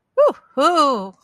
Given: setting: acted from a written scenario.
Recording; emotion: vocal sound without words; triumph